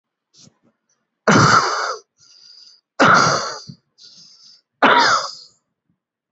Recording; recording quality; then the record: heavy voluntary cough; excellent, no background noise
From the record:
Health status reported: healthy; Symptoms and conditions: none ticked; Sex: male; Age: 22 years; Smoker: not ticked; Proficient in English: yes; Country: India